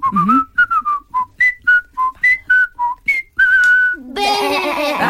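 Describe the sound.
A person whistles a tune, a quick run of clear, bright notes hopping up and down in pitch and ending on a longer held note, then a brief burst of noisy sound.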